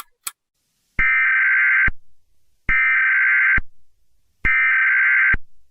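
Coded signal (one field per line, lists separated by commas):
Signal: Emergency Alert System (SAME) tones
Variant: header bursts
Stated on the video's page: Fictional EAS scenario for entertainment, not a real broadcast, possibly containing valid tones.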